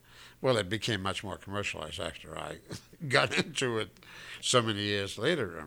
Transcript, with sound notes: Well, it became much more commercialized (he laughs ) after I got into it so many years later.